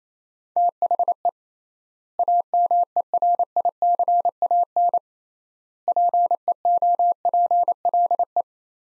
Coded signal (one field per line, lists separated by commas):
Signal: Morse code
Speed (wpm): 28 wpm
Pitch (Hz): 700 Hz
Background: none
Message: THE AMERICAN PEOPLE